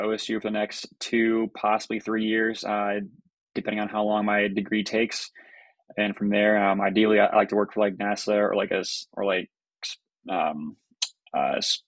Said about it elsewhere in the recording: My stuttering goes, it's still certainly prevalent in my life.